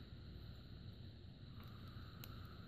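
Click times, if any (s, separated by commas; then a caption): none. The front and back plastic halves of a Remotes Unlimited Chrysler Dodge 3-button remote replacement case (CASE-CD41) are pressed together by hand over a steady low rumble, with one brief faint tick at about 2.2 s. The halves have not snapped or seated yet and are not together.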